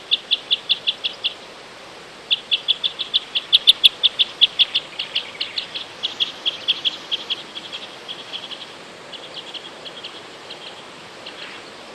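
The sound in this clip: Common crossbill calls, sharp high 'kip' notes repeated rapidly in bursts, several per second, pausing briefly, then fading over a soft background hiss.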